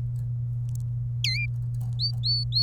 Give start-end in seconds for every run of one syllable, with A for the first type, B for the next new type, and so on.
1.24-1.46 A, 1.99-2.63 B